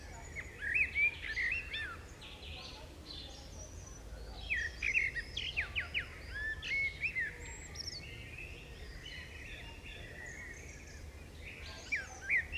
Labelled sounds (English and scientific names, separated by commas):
Common Blackbird (Turdus merula) song